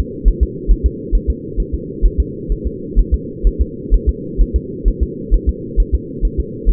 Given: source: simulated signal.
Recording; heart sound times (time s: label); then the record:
fetal heart sounds
0.00 s: S2
0.28 s: S1
0.43 s: S2
0.71 s: S1
0.86 s: S2
1.15 s: S1
1.30 s: S2
1.60 s: S1
1.74 s: S2
2.06 s: S1
2.20 s: S2
2.52 s: S1
2.67 s: S2
2.99 s: S1
3.14 s: S2
3.47 s: S1
3.61 s: S2
3.94 s: S1
4.09 s: S2
4.41 s: S1
4.56 s: S2
4.88 s: S1
5.03 s: S2
5.34 s: S1
5.49 s: S2
5.80 s: S1
5.94 s: S2
6.25 s: S1
6.40 s: S2
6.69 s: S1
From the record:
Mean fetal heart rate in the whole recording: 135 bpm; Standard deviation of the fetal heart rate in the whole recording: 3 bpm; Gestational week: 36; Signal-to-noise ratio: -4.1 dB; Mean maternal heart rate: no maternal heart sound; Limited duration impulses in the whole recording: absent